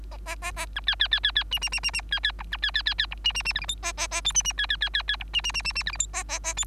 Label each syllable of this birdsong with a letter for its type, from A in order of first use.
A A A A B C C C C C D D D D D C C B C C C C E D D D F G H A A A I D D C C C C C E D D D D D F G H A A A I